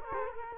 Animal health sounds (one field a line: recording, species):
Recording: mosquito wingbeat signal from an infrared sensor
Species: Culex quinquefasciatus